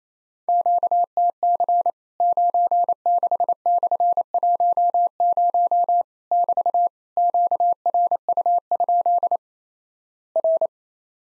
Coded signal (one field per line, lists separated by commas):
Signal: Morse code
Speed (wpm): 28 wpm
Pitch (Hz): 700 Hz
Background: none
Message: QTC 96/10 <BT> QRU? R